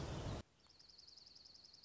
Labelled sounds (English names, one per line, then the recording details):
Dark-eyed Junco
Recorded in Sonoma County, California